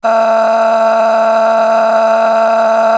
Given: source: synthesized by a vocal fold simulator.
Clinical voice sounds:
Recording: sustained vowel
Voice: female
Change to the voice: a random mix of aspiration noise, stiffness perturbation and strain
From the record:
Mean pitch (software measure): 224 Hz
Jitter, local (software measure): 1.89%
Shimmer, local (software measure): 13.1%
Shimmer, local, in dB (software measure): 1.14 dB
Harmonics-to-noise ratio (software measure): 11.7 dB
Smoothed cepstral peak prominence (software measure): 10.3 dB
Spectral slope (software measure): -19.7 dB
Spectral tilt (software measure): -8.6 dB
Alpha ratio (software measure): -10.2 dB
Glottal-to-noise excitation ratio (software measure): 0.810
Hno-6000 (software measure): 1.8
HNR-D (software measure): 36.1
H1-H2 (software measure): 3.6 dB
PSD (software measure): 7.9e-05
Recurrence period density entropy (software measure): 0.122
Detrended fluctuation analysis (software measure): 0.0133

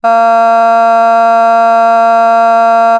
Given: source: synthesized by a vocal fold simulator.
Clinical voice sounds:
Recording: sustained vowel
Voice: female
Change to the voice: vocal strain, level 4 of 10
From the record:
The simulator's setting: 0.33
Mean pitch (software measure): 229 Hz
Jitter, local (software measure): 0.26%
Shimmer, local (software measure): 0.9%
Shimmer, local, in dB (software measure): 0.07 dB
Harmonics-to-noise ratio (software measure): 31.9 dB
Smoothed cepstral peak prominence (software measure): 21.5 dB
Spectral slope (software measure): -18.5 dB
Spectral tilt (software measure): -8.1 dB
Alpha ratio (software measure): -9.0 dB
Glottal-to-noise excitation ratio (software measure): 0.992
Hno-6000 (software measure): 2.1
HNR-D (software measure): 46.6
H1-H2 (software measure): 2.3 dB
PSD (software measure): 1.2e-05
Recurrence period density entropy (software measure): 0.134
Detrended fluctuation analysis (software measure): 0.0111

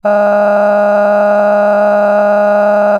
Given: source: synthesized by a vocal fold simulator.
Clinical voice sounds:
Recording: sustained vowel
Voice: female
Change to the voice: cycle-to-cycle stiffness perturbation (roughness), level 6 of 10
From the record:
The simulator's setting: 3.88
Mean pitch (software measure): 206 Hz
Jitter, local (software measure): 1.72%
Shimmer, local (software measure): 12.8%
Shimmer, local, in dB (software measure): 1.11 dB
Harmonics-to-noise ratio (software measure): 14.7 dB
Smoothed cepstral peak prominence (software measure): 15.6 dB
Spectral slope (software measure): -21.8 dB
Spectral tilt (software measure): -11.4 dB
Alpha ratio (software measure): -12.2 dB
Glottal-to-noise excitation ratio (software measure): 0.956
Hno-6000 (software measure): 2.3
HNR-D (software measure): 34.0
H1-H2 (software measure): 3.4 dB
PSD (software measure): 7.3e-05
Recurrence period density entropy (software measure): 0.119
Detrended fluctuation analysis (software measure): 0.0281

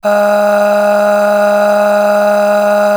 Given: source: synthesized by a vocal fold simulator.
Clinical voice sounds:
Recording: sustained vowel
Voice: female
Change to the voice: aspiration noise (breathiness), level 9 of 10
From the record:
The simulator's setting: 3.21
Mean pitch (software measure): 206 Hz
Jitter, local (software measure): 1.08%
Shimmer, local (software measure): 13.3%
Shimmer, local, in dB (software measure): 1.17 dB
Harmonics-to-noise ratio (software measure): 13.1 dB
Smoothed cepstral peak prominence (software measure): 11.1 dB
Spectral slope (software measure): -20.3 dB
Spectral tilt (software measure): -7.3 dB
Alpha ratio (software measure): -10.8 dB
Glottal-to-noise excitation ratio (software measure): 0.722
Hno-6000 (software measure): 1.8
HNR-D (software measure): 35.1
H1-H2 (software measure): 8.8 dB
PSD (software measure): 4.2e-05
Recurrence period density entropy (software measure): 0.127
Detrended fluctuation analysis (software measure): 0.0278

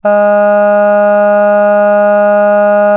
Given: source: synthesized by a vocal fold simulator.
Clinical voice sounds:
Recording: sustained vowel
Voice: female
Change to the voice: none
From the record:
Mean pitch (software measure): 206 Hz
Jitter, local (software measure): 0.19%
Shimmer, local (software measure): 1.5%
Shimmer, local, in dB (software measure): 0.13 dB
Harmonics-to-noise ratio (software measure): 31.6 dB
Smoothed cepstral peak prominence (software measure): 18.9 dB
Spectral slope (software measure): -21.9 dB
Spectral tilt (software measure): -8.6 dB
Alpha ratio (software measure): -12.4 dB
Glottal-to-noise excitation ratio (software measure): 0.975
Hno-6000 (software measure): 2.4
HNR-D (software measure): 38.8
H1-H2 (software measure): 9.5 dB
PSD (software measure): 1.9e-05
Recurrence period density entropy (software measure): 0.135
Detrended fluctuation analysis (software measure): 0.0275

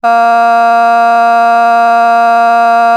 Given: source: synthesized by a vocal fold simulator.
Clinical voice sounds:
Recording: sustained vowel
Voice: female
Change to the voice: vocal strain, level 5 of 10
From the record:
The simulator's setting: 0.44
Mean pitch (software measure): 233 Hz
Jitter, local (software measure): 0.38%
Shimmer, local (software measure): 1.8%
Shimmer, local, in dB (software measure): 0.15 dB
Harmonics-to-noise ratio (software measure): 27.2 dB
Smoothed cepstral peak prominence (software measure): 21.6 dB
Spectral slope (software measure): -17.9 dB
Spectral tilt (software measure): -7.6 dB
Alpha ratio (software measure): -8.4 dB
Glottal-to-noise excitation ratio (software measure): 0.990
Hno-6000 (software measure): 2.1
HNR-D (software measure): 41.7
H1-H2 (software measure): -1.1 dB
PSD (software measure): 2.0e-05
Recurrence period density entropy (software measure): 0.130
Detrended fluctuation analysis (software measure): 0.0109

